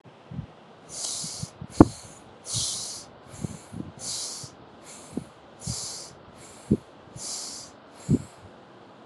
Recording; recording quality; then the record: shallow breathing; excellent, no background noise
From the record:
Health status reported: healthy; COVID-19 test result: not tested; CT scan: not taken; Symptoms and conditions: none ticked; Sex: female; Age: 47 years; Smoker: no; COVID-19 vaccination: both doses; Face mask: not worn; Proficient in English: yes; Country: India